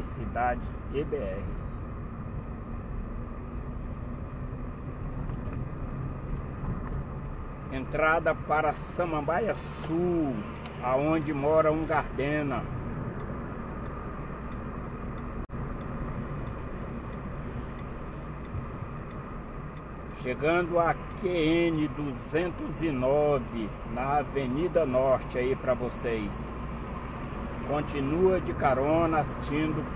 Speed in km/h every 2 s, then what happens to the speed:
34, 37, 40, 42, 44, 43, 46, 46, 45, 42, 38, 40, 45, 47, 49.
0-12 speeds up to 46. 12-22 slows to 40. 22-30 speeds up to 49.